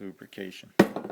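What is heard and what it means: Someone talks while handling a lubricated metal diesel injector needle valve at its very tight-tolerance fuel injector nozzle bore, with the lubrication applied so it will go in. A brief broadband knock is heard at about 0.8 s, followed by faint handling noise. The needle valve has not seated or clicked home yet.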